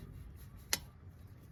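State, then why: Seated. A spark plug cap (boot) is pushed back onto a new spark plug on a 2014–2022 Honda Rancher 420 ATV engine. Against a low steady background rumble, one sharp, bright click is heard at 0.7 s. The cap is seated on the plug.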